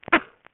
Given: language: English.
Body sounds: throat vibration sensor signal played as sound; cough

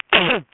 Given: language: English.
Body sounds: throat vibration sensor signal played as sound; cough

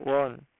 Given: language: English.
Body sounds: throat vibration sensor signal played as sound; speech

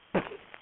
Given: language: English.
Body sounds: throat vibration sensor signal played as sound; cough

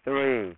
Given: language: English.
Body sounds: throat vibration sensor signal played as sound; speech

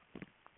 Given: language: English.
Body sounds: throat vibration sensor signal played as sound; swallow

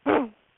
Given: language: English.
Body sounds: throat vibration sensor signal played as sound; throat clearing

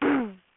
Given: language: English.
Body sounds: throat vibration sensor signal played as sound; throat clearing

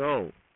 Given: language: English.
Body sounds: throat vibration sensor signal played as sound; speech

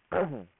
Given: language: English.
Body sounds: throat vibration sensor signal played as sound; throat clearing

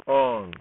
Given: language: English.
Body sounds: throat vibration sensor signal played as sound; speech

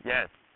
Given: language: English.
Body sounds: throat vibration sensor signal played as sound; speech

